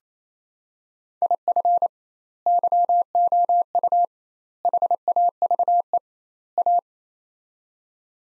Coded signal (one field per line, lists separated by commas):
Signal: Morse code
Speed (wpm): 28 wpm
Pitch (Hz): 700 Hz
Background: none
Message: IF YOU HAVE A